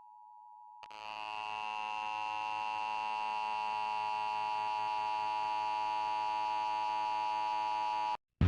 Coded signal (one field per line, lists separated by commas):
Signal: Emergency Alert System (SAME) tones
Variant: 853 and 960 Hz attention tone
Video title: EAS #802 Utah Statewide Monthly Test